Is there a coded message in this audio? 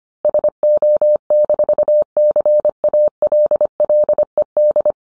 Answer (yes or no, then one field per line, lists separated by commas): yes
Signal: Morse code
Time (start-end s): 0.2-4.9 s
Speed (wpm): 25 wpm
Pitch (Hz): 600 Hz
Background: none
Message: SO-CALLED